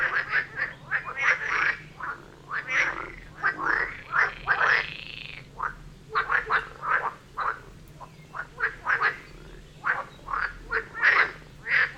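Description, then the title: Frogs calling, mostly short quick croaks in irregular bursts, with one longer rasping call near the middle. Frog chorus near Vellerner Brook in Neubeckum, recorded at 2pm, binaural recording. "Frog concert near Vellerner Brook in Neubeckum - 2pm - binaural version"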